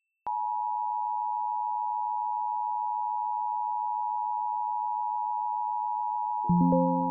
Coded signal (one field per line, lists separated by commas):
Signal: Emergency Alert System (SAME) tones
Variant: 853 and 960 Hz attention tone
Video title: WHRO PBS - Severe Thunderstorm Warning - EAS - 6/8/25 - 3:51PM